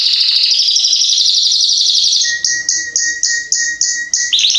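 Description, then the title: Belgian canary song, a steady high rolling trill followed by a series of evenly spaced short notes. Male Belgian canary singing a lot, used to warm up young canaries in 30 minutes; 'salsa estourado' song style. "Canrio Belga Salsa"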